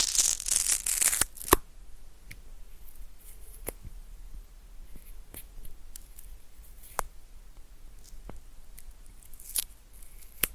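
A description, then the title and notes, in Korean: Mouth sounds and fiddling with a pin microphone: a dense burst of wet, crackly clicking fills the first second and a half. After that, sharp single clicks and scratchy taps land sparsely every second or two over a faint steady hiss and low hum. 입소리폭탄 핀마이크 괴롭히기.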